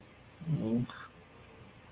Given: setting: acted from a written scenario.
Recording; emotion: vocal sound without words; guilt